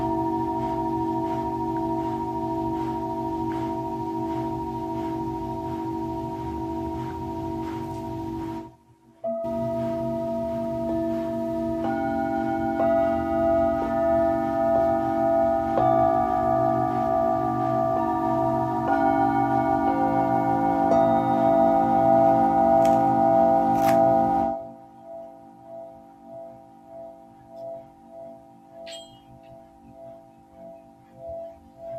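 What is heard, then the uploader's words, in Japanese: Singing bowls ring in long, layered tones, new strikes adding higher pitches around 12 and 19 seconds. A brief silence breaks the sound near 9 seconds. After about 24 seconds the sound drops and softens into a slow, pulsing wobble as the bowls fade. シンギングボウルのサウンドヒーリング。チベタンシンギングボウル。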